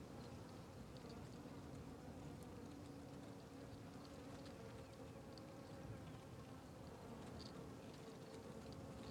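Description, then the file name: Fly: steady low buzzing of flies throughout, with light high ticks and rustles. Flies circling a tree on the Sertão Zen trail; natural ambience recording. "Ambiencia na Trilha do Sertao Zen com Moscas Circudando Arvore"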